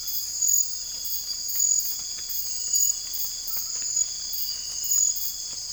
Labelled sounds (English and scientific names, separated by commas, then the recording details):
none
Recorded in secondary vegetation near Puerto Asís, Putumayo, Colombia, on 20 December 2024 at 00:00
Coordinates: 0.481, -76.318
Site G042